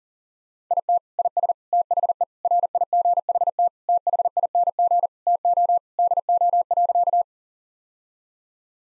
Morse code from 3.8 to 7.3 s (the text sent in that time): THING TO DO.